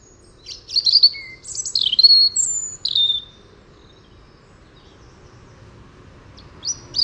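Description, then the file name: European robin song: a burst of sweet high warbles and thin descending whistles, then silence, with a brief high note returning at the very end. "Erithacus rubecula"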